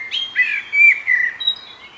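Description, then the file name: Common blackbird giving a short, mellow whistled phrase of a few gliding fluty notes fading away at the end. "Turdus merula"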